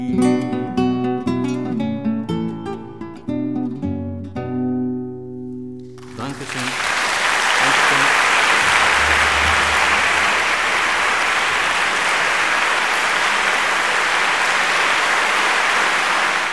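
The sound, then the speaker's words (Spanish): A Sephardic song ends with a few final sustained musical notes, then an audience bursts into loud, dense, continuous applause that keeps going steadily for about ten seconds. “Bueno, bueno, que salva de aplausos.”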